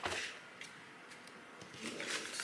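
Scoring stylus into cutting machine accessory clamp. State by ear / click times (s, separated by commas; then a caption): not seated / none. A plastic scoring stylus is handled arrow-first at the accessory clamp of a cutting machine, with soft rustling and scraping bursts near the start and end. Nothing has seated or clicked yet.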